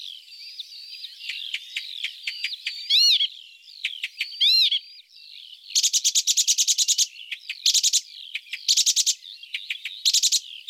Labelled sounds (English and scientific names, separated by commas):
Icterine Warbler (Hippolais icterina) song